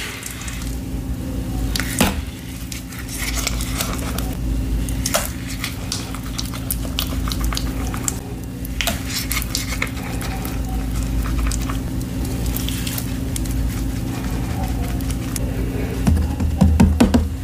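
Black gym chalk is crushed and mixed into paste, with wet squishing and frequent sharp crackles and scrapes scattered through. A steady low hum runs underneath the whole time. Near the end the handling gets louder and busier, with a dense burst of clicks.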